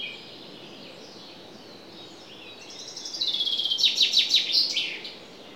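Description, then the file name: Common chaffinch song: after quiet background, a high phrase begins, drops into a rapid repeated trill and ends in a sharp flourish. "Fringilla coelebs"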